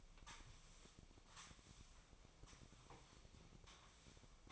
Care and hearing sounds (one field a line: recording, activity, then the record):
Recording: daily activity, microphone in the room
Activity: sweep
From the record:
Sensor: 1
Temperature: 24.4 degrees Celsius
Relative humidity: 39.3%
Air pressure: 1003.1 hPa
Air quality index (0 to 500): 197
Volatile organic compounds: 6 ppm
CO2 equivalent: 1887 ppm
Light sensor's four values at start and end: 13/31/13/15 and 13/31/13/15